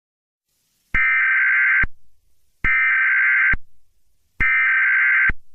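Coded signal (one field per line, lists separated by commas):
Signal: Emergency Alert System (SAME) tones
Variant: header bursts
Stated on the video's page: Fictional EAS scenario, horror-themed, based on The Monument Mythos.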